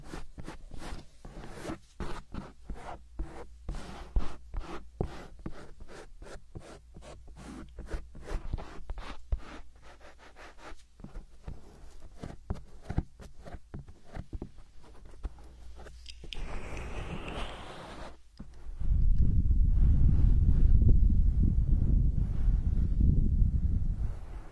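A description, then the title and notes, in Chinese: A hand massage: a long run of quick, crisp taps and soft clicks at an uneven pace for about sixteen seconds. A brief rising swish follows, then a loud, low, rumbling rub presses right against the microphone until the end. 手部按摩3（声控助眠）。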